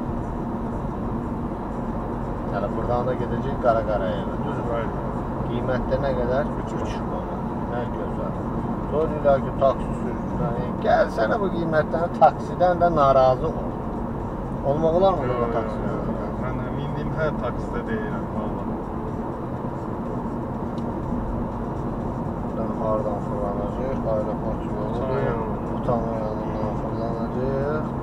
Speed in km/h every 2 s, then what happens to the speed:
57, 58, 60, 60, 61, 59, 59, 60, 59, 58, 58, 58, 59, 59.
0-28 steady at about 59.